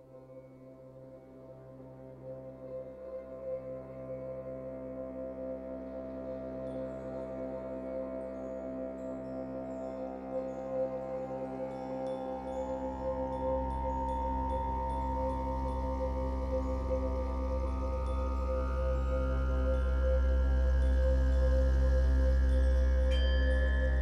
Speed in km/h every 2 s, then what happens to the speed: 38, 36, 16, 8, 20, 3, 0, 0, 0, 0, 10, 19.
0-5 brakes to 8. 8-11 brakes to 0. 11-18 standing. 18-22 pulls away to 19.